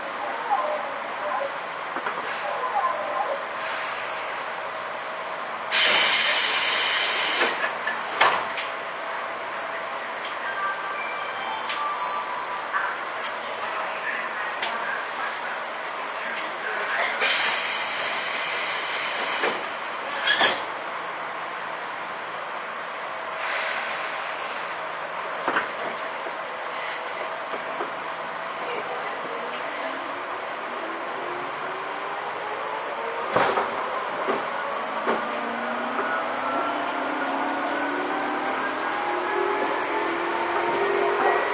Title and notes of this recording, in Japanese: 東武10000系 浅草ー北千住。浅草→北千住の区間の運転の列車を録音